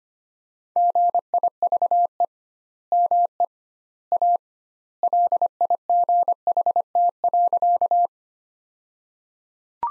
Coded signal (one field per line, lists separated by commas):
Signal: Morse code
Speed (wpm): 25 wpm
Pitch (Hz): 700 Hz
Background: none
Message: GIVE ME A LIGHT.